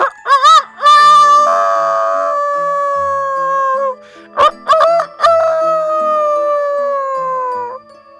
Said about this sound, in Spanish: Al despertar el alba, según su costumbre, el gallo cantó.